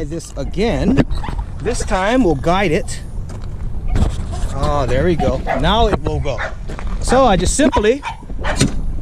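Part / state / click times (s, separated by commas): folding rack part latching on a hitch-mounted bike carrier / seated / 8.6 s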